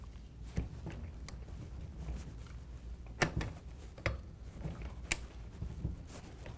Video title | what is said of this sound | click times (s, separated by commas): Snug It Up - Quick Connect Assembly - Huffy | wait until i hear a click there we go it's still going to be loose you're going to have some up and down play | 5.1 s